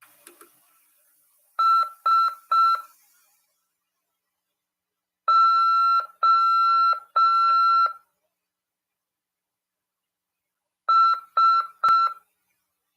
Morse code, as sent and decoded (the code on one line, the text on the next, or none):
... / --- / ...
S O S